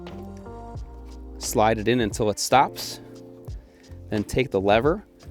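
A wiring connector is slid into its mating socket until it stops, and its locking lever is handled but not yet pulled down. Someone talks over background music, with a few faint handling sounds. Nothing has seated or clicked yet.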